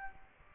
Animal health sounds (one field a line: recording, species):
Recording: mosquito wingbeat signal from an infrared sensor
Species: Aedes aegypti